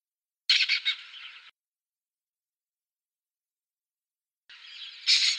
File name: cernicalo primilla